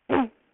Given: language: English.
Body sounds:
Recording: throat vibration sensor signal played as sound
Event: throat clearing

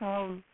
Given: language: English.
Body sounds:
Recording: throat vibration sensor signal played as sound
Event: speech

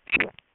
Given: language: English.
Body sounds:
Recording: throat vibration sensor signal played as sound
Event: swallow

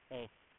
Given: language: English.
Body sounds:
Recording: throat vibration sensor signal played as sound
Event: speech

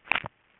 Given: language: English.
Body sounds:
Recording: throat vibration sensor signal played as sound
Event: swallow

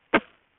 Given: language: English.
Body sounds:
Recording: throat vibration sensor signal played as sound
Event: cough

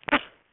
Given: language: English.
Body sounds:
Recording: throat vibration sensor signal played as sound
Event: cough

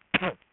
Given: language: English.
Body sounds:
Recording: throat vibration sensor signal played as sound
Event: cough

